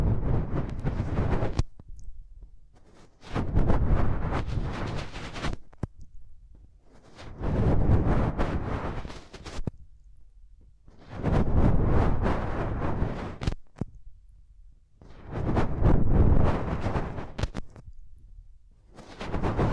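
Hands rub over ears close up, no talking, in dense rustling bursts of about two seconds with short silent gaps between, roughly every four seconds. Each pass has a heavy low rumble under a crackly, scratchy hiss, swelling and fading smoothly.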